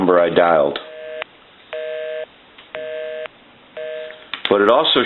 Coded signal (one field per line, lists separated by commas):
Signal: telephone call progress tone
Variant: North America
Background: speech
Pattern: busy tone